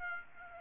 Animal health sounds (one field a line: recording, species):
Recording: mosquito wingbeat signal from an infrared sensor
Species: Aedes aegypti